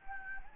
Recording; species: mosquito wingbeat signal from an infrared sensor; Anopheles gambiae